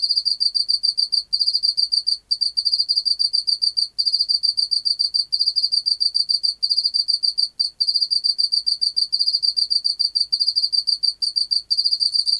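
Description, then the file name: Pacific field cricket calling, a dense stream of quick high-pitched pulses, nearly continuous with short gaps every second or two, clean background. "Teleogryllus oceanicus"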